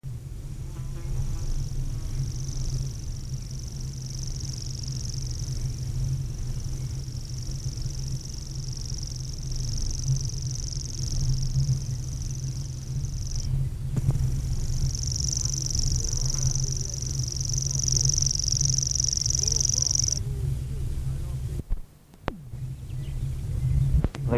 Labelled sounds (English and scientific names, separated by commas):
Common Grasshopper Warbler (Locustella naevia) song